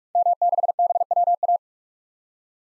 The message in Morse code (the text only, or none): M6BWA